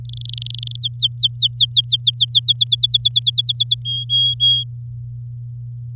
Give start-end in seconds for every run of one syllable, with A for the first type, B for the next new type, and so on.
0.05-0.76 A, 0.78-2.53 B, 2.56-3.83 C, 3.85-4.64 D